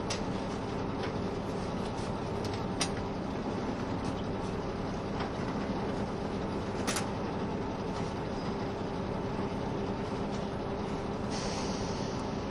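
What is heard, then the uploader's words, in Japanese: Running sound recorded aboard a KiHa 72 series Yufuin no Mori train: a steady, dense low rumble of the diesel railcar on the move, holding an even level throughout. Brief clicks and ticks recur from the wheels and car, with a sharper knock near seven seconds. 配信は、JR九州キハ72系 ゆふいんの森06号02 うきは～博多です。走行音。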